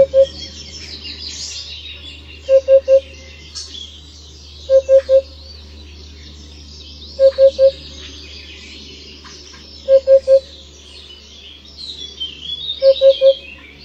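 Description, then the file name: Eurasian hoopoe giving steady triple hoots, low and mellow, repeated roughly every two to three seconds while small birds twitter faintly in the background. "Dudek"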